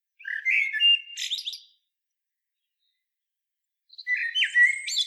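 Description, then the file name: Common blackbird phrases, each opening with a warbled note and rising into high, squeaky twittering, two bursts separated by about two seconds of silence. "Turdus merula"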